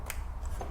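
A red locking lever on a quick-release clamp is flicked to lock the plate, giving a single sharp click at 0.1 s over a low, steady background hum. The lever clicks shut and the plate is locked in place.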